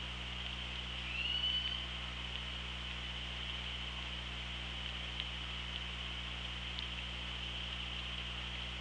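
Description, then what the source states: Orca call underwater: a single short upswept tonal call about one second in, then only steady hiss and low hum with faint clicks. Hydrophone recording, 24 August 2017, 07:42.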